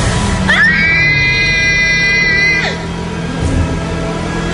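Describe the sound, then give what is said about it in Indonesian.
A person riding a motorbike in a basement screams as the motorbike suddenly starts to wobble: a single high-pitched scream shoots up, holds steady and shrill for about two seconds, then drops off abruptly, over a constant low rumbling background. “Aku berteriak dan motorku mulai oleng tiba-tiba.”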